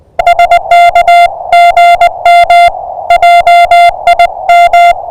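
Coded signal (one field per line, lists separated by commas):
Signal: Morse code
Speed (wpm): 21 wpm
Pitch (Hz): 660 Hz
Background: music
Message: SK GM JIM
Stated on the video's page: Unedited Morse pile-up during an early-morning Parks on the Air activation at a Kentucky state nature preserve.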